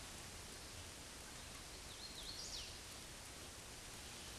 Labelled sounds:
Hooded Warbler song
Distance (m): 50 m
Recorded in a Pennsylvania forest on 18 May 2023 at 09:33
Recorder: AudioMoth, point grid1_26_low
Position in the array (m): 172 m, 84 m

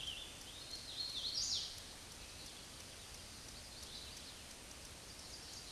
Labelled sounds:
Hooded Warbler song
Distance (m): 35 m
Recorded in a Pennsylvania forest on 18 May 2023 at 09:34
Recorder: AudioMoth, point grid1_11_low
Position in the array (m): 191 m, 81 m

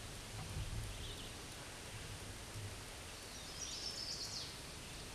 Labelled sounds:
Hooded Warbler song
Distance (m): 10 m
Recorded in a Pennsylvania forest on 18 May 2023 at 09:36
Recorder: AudioMoth, point grid1_30_low
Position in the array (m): 195 m, 80 m

